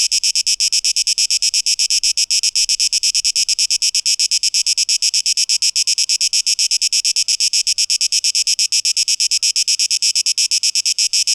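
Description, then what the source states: Cicada song as a bright, buzzy drone of rapid pulses, unbroken throughout. 12 August 2023; tape echo mix.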